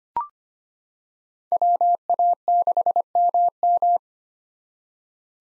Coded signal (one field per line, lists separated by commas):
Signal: Morse code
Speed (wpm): 25 wpm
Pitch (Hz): 700 Hz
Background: none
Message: WA6MM